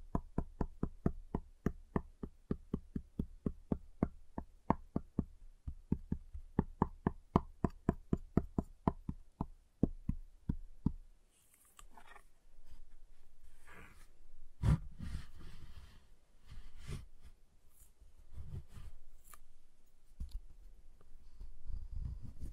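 A giant chocolate bar is tapped in a fast, steady run of sharp clicks for about the first eleven seconds. After a brief pause come irregular scraping and cutting sounds with scattered crisp snaps, including a loud crack near fifteen seconds.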